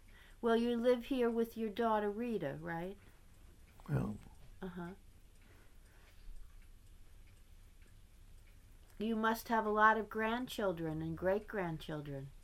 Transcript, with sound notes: Well, you live here with your daughter Rita, right?
Yeah. [pause]
You must have a lot of grandchildren, and great- grandchildren.